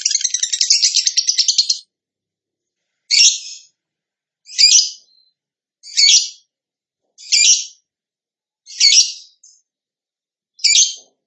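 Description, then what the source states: Bird song opening with a rapid buzzy trill, followed by short high buzzy bursts repeated roughly every one and a half seconds. Master recording for training cage birds; lively (gacor) singer in the tembakan style.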